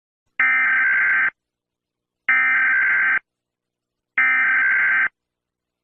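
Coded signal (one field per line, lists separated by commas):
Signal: Emergency Alert System (SAME) tones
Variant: header bursts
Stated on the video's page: A fictional alert scenario.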